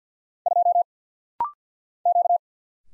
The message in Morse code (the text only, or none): 2 Q